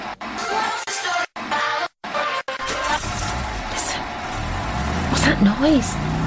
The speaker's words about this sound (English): Someone's trying to start our car. It's coming from the garage.